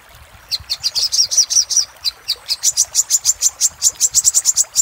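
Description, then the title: Little spiderhunter song: a quickening series of high, thin chips, the later notes higher and more rapid. Master song for training cage birds; labaik variant. "Masteran Burung Sogok Ontong Labaik"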